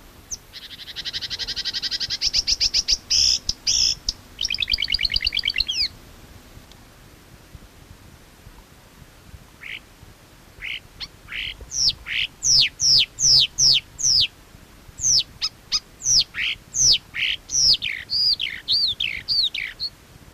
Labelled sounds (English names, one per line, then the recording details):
Marsh Warbler song
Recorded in the wild
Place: Schweinsberg, DE
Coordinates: 50.765, 8.9675
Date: 1964-05-25 00:00
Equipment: Uher Report 4000, AKG D190
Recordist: Krey, Winfried